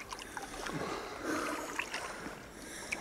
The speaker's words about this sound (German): Vorsichtig kroch ich bis zum Bug zurück, glitt über Bord und rutschte am Ankertau ins Wasser.